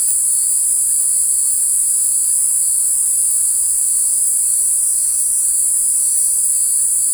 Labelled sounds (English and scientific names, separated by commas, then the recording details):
none
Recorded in forest near Pivijay, Magdalena, Colombia, on 2 June 2023 at 18:30
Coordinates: 10.467, -74.380
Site Z5-G034